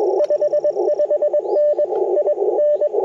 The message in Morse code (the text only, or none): 55N IN